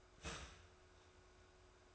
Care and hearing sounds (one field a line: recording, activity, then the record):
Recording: daily activity, microphone in the room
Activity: start toaster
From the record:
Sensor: 2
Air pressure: 1014.6 hPa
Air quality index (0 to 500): 199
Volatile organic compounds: 21 ppm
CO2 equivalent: 2725 ppm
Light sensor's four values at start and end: 3/9/3/3 and 3/9/3/3